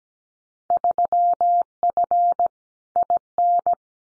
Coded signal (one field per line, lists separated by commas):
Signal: Morse code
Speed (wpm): 17 wpm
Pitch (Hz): 700 Hz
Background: none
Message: 3F IN